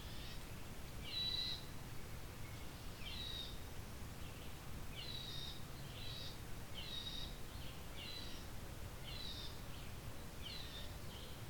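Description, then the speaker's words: Red-eyed Vireo uttering a series of rasping, nasal 'yee' notes, with a soft constant rumble underneath. Several red-eyed vireos giving a 'yee' call in thick cover; possibly a young bird, more likely an adult's predator alarm near its nest against a jay, grackle, crow or squirrel. "Got some red-eyed vireos vocalizing. Kind of yee call."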